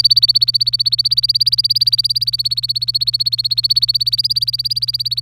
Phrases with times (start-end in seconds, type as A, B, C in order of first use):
0.00-5.21 A